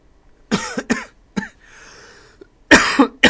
Cough.